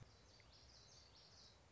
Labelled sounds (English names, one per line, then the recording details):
Common Yellowthroat
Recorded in Sonoma County, California